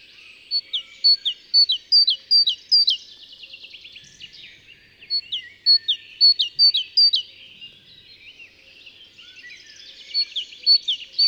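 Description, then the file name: Great tit uttering quick runs of bright, high chirps and short downward notes, repeated in bouts with softer chattering between them. "Parus major"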